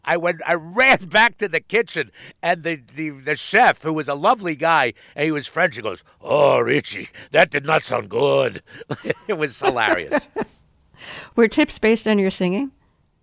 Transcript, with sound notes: I ran back to the kitchen, and the chef, who was a lovely guy, and he was French, he goes, oh, Richie. That did not sound good. It was hilarious.
(Laughter) Were tips based on your singing?